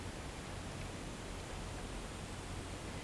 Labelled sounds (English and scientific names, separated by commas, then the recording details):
none
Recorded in pastures near Puerto Asís, Putumayo, Colombia, on 19 March 2025 at 13:00
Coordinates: 0.472, -76.329
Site G074